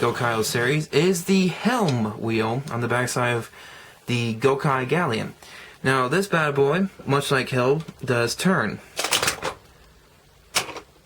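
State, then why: Released. Someone talks, then there is a brief rustling burst around 9 to 9.5 seconds as the helm wheel on the back of a plastic Gokai Galleon toy ship is turned. At 10.6 seconds a single sharp click sounds as the spring-loaded compartment pops open.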